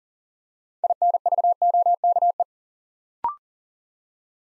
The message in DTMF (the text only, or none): none